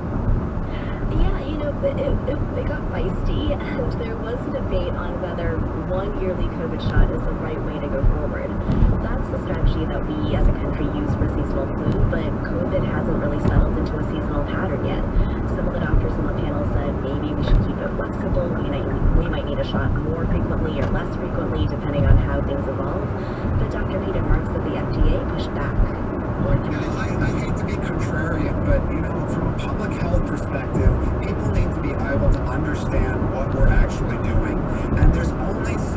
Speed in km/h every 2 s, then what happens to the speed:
71, 74, 77, 81, 81, 82, 84, 84, 82, 82, 89, 90, 89, 89, 90, 92, 93, 95.
0-6 speeds up to 81. 6-18 steady at about 82. 18-20 speeds up to 89. 20-36 steady at about 90.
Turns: none.